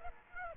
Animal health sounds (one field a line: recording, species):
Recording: mosquito wingbeat signal from an infrared sensor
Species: Aedes aegypti